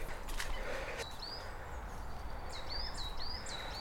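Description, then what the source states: Coal tit song: high, thin upward-sliding notes, one early and then several repeated quickly near the end, over steady outdoor noise. Singing in a small scraggy woodland with pines and a mix of conifers and deciduous trees, along the River Usk, Monmouthshire, on a cold, clear January morning after mid-January floods.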